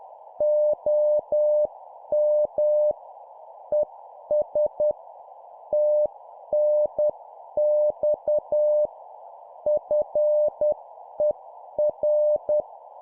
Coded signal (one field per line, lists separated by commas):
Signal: Morse code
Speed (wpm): 10 wpm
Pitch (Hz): 600 Hz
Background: none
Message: OM ES TNX FER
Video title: 10wpm CQ contact Example QSO Template, CW morse code Copy Speed improvement